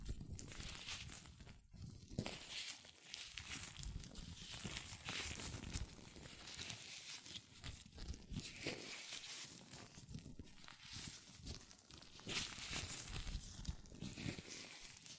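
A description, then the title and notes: Latex gloves rub and squeak against hands in a continuous, busy stream of crinkly friction noises, with brief pauses near two and ten seconds. ASMR Latex Gloves Hand Sounds (No Talking).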